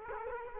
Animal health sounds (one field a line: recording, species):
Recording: mosquito wingbeat signal from an infrared sensor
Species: Culex quinquefasciatus